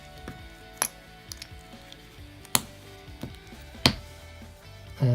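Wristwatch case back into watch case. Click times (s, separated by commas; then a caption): 2.6 s, 3.9 s. A metal case back, lined up with the winder, is pressed down onto a quartz wristwatch case, with a few faint ticks and light clinks early on over a steady tonal background. Two sharp clicks ring out at 2.6 s and 3.9 s as the case back snaps shut and seats.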